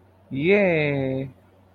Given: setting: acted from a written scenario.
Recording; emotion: vocal sound without words; elation